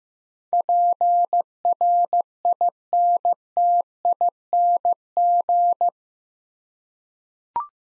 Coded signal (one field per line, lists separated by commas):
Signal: Morse code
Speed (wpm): 15 wpm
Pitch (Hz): 700 Hz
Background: none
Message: PRINTING